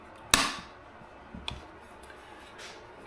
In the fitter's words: Get that snapped into place.